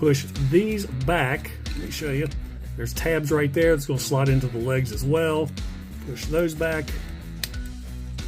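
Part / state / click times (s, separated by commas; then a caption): toy robot tabs into leg slots / seated / 7.4 s, 8.2 s. Plastic tabs on the shark-mode section of a toy robot are pushed back so they slide into the leg slots while someone talks over background music. The tabs snap into place with sharp clicks at about 7.4 and 8.2 seconds, and they are seated.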